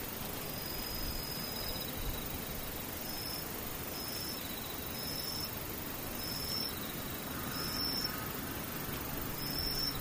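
Insects call in short, high, thin trills that repeat about once a second, alternating between two slightly different pitches. Beneath them runs a steady, dense rumble like passing traffic, with the overall loudness staying even throughout.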